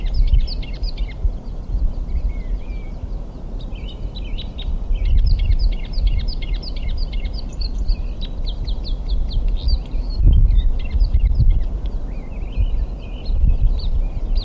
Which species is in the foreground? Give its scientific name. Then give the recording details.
Loxia curvirostra. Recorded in the wild. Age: adult. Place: Mirnock, Kärnten, AT. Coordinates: 46.758, 13.714. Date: 1967-05-14. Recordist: Brunner, Thomas